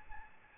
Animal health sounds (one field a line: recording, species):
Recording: mosquito wingbeat signal from an infrared sensor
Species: Aedes albopictus